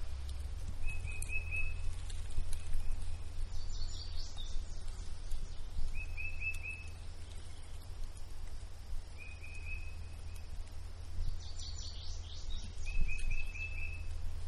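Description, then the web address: Bird singing brief buzzy trilled phrases repeated every few seconds, with bursts of higher, rapidly descending warbles, all above a constant low rumble. Periodic bird song in woods. "Manhattan Production Music. Woods Periodic Bird Song"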